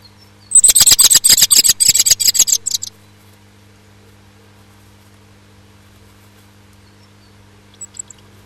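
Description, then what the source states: Bird calls: a dense run of rapid, shrill, high-pitched chirps lasting over two seconds, then silence with a few faint notes at the end, a low hum throughout. Recorded at a nest box on 16 May 2005 at 20:15.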